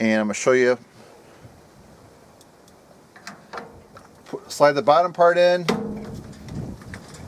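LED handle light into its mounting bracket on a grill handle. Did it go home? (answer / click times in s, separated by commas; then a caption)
yes / 6.9 s. Someone talks while sliding the bottom of a Weber Grill-Out Handle Light 7516 LED light into its plastic handle bracket on a grill handle. Soft taps and scrapes are heard between about 2.4 and 4.0 s. The light locks into the bracket with a sharp click at 6.9 s.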